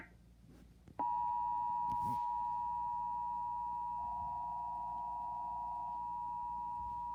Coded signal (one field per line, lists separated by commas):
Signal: Emergency Alert System (SAME) tones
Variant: 853 and 960 Hz attention tone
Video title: National EAS Test (NJ Northeast Channel)